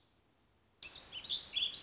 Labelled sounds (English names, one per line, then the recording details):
Warbling Vireo
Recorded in Sonoma County, California